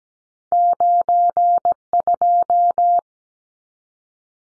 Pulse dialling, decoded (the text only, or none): none